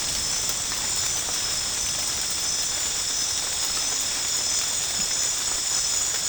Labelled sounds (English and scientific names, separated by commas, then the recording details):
none
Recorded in dense forest near Puerto Asís, Putumayo, Colombia, on 29 June 2025 at 23:30
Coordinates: 0.481, -76.323
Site G072